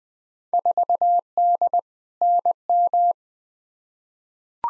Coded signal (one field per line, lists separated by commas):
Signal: Morse code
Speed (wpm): 20 wpm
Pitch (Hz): 700 Hz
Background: none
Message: 4D NM